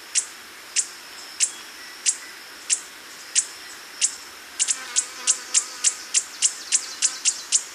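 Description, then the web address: Hoary puffleg giving sharp, very high ticking chips, evenly spaced at first and then quickening into a faster regular series, over a steady background hiss. Ecuador. "Birds of Ecuador. Hoary Puffleg"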